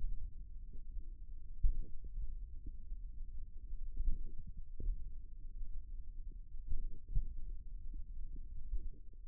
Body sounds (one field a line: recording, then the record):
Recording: forearm muscle sounds (acoustic myography)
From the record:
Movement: tripod grip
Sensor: system 1, eight BSWA MPA416 microphones around the upper forearm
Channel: 8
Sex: male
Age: 54 years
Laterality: right